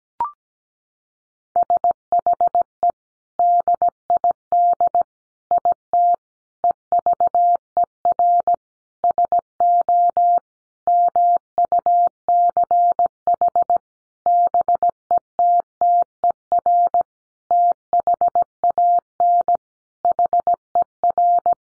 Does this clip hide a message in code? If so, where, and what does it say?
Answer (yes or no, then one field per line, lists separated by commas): yes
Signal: Morse code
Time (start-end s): 1.6-21.5 s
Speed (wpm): 17 wpm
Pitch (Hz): 700 Hz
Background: none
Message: SHE DID IT EVER SO MUCH BETTER THAN HER